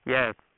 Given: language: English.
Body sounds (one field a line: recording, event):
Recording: throat vibration sensor signal played as sound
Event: speech